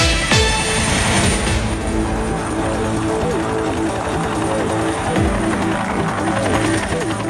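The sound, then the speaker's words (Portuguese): The Manchete radio helicopter in flight, on air for a traffic report, gives a loud, steady drone: a low throbbing rotor hum with a thin whining engine tone above it, continuing unbroken throughout with no clear voices. “vamos subir? Helicóptero Manchete no ar.”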